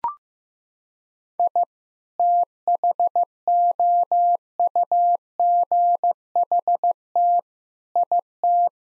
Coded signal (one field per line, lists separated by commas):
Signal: Morse code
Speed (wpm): 15 wpm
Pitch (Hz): 700 Hz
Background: none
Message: I THOUGHT IT